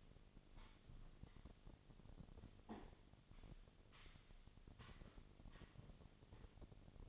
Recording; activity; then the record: daily activity, microphone in the room; sweep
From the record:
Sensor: 4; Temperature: 28.5 degrees Celsius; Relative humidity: 34.1%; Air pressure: 1007.8 hPa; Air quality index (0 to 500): 192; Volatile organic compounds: 6 ppm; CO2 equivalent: 1922 ppm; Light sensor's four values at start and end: 23/72/27/26 and 23/72/27/26